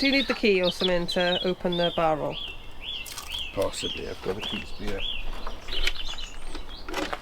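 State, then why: Seated. Someone talks while the removable battery pack of a Cyrusher TRAX e-bike is slid into the frame and the key is turned. A sharp click at 5.9 s marks the battery locking into place, confirmed seated in the frame.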